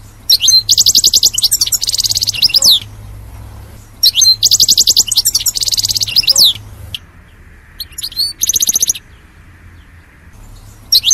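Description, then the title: European goldfinch singing loud phrases of rapid buzzy trills and tinkling twitters, repeated every few seconds, with a steady low hum underneath. "Chant Chardonneret"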